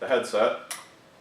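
A headset cable plug is handled at the smaller headset port on the front of a Teltone amplifier while someone talks, with a brief bright handling sound at about 0.7 s. Nothing has seated or clicked yet; the plug is not yet home.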